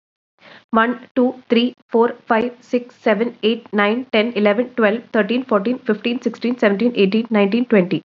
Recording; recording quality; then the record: counting at a fast pace; moderate, slight background noise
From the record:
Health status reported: COVID-19 positive, no symptoms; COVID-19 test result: positive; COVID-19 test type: RT-PCR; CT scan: not taken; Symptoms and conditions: none ticked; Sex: female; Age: 25 years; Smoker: no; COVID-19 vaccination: both doses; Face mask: not worn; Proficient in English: yes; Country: India